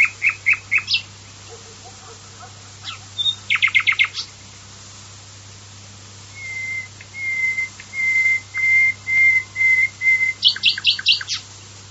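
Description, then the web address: Common nightingale song with short bursts of rapid repeated notes, then a long stretch of drawn-out level whistles given one after another, then closing with another quick run. "varie usignolo"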